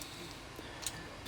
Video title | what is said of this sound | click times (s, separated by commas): @TransformersHQ Studio Series 63 Deluxe Class TOPSPIN Video Review | and get that out of the way give that a good squeeze right there locking that in | 0.0 s, 0.9 s